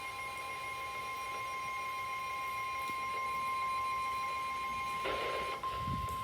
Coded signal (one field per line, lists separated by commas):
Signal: Emergency Alert System (SAME) tones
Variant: 1050 Hz attention tone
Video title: EAS #677 NOAA Weather Radio (WR-300) PHI Severe Thunderstorm Warning 6/16/23 12:28 PM EDT